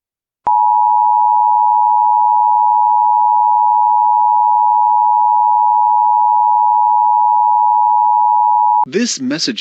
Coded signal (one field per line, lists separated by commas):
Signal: Emergency Alert System (SAME) tones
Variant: 853 and 960 Hz attention tone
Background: speech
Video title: Mega Murderers on the loose An EAS Scenario